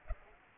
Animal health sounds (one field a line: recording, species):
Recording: mosquito wingbeat signal from an infrared sensor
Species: Culex pipiens